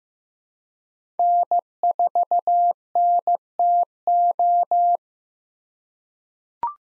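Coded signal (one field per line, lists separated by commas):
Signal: Morse code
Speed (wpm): 15 wpm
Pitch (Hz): 700 Hz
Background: none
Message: N4NTO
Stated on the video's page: Head-copy drill of common Parks on the Air activator callsigns at 15 WPM; each callsign is sent in Morse, spoken, then sent again.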